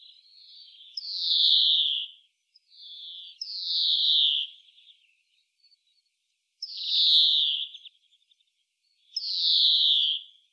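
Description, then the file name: European greenfinch giving four long buzzy, wheezing calls spaced a few seconds apart, each with a quieter lead-in note, and no other sounds. "Chloris chloris"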